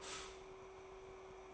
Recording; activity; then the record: daily activity, microphone in the room; stop toaster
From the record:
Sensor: 1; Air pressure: 1014.7 hPa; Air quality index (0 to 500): 202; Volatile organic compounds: 35 ppm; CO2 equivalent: 3059 ppm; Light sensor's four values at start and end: 3/8/3/3 and 3/8/3/3